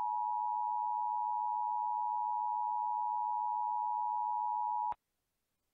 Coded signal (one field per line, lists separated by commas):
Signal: Emergency Alert System (SAME) tones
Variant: 853 and 960 Hz attention tone